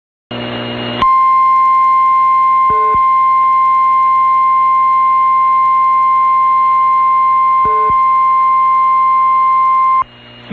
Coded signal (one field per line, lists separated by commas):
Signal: Emergency Alert System (SAME) tones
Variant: 1050 Hz attention tone